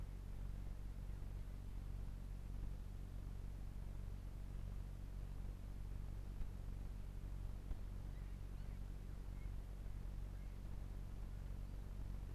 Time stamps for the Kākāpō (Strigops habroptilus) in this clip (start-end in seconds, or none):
none